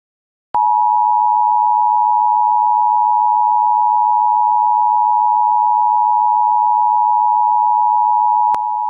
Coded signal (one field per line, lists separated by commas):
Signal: Emergency Alert System (SAME) tones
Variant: 853 and 960 Hz attention tone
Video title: EAS #732 Immediate Evacuation